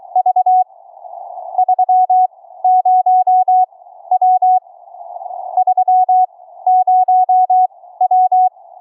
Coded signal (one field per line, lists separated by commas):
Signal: Morse code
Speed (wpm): 21 wpm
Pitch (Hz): 740 Hz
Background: none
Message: V 30W 30W